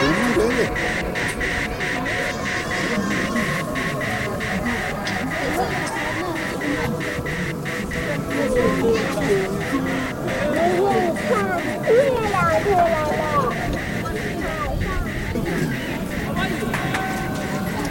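Pilgrims circle the Jokhang temple in Lhasa, a dense, steady murmur of many voices talking at once. A faint regular ticking or clacking repeats throughout, and around the middle brighter, livelier voices rise briefly above the crowd before it settles again.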